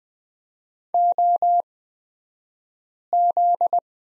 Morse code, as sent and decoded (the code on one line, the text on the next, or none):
--- --..
OZ